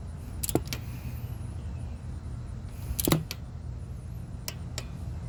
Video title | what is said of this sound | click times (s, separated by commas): 2020 Klx110 Big Bore kit Install ( Tb 143cc kit step by step Install) | and then it clicks as well | 3.0 s